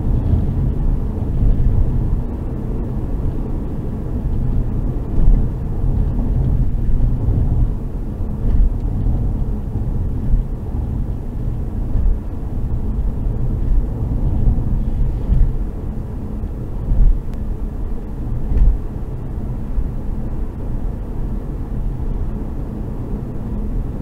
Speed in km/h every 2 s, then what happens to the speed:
112, 112, 108, 105, 103, 104, 106, 107, 108, 109, 108, 107.
0-8 slows to 103. 8-24 steady at about 107.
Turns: none.